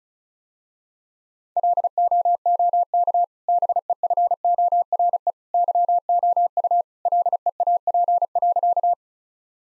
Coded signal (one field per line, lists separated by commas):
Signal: Morse code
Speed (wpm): 34 wpm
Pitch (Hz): 700 Hz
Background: none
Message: LOOK BEFORE YOU LEAP.